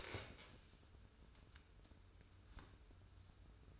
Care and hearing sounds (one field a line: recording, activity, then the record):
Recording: daily activity, microphone in the room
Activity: stand up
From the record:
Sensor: 2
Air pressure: 994.2 hPa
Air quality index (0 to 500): 202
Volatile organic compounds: 1000 ppm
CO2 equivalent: 6649 ppm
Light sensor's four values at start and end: 111/266/112/117 and 71/164/72/77